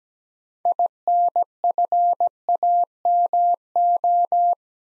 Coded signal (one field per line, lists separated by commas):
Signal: Morse code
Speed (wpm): 17 wpm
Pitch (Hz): 700 Hz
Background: none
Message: INFAMO